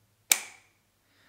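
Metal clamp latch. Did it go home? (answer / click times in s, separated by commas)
yes / 0.3 s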